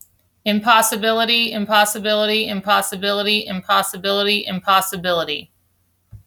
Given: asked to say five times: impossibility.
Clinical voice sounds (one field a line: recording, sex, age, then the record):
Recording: repeated word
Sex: female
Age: 30 to 39 years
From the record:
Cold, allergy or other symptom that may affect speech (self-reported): no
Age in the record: 30 years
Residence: Kansas, United States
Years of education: 16